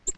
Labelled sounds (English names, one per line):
Black-throated Gray Warbler flight call